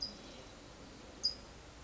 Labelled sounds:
California Towhee
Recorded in Sonoma County, California

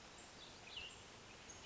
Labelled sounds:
Cassin's Vireo
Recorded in Sonoma County, California

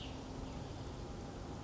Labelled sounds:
Western Tanager
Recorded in Sonoma County, California

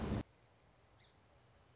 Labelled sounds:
Song Sparrow
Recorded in Sonoma County, California

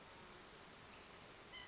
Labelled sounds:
White-breasted Nuthatch
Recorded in Sonoma County, California

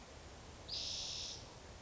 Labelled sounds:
Spotted Towhee
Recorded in Sonoma County, California

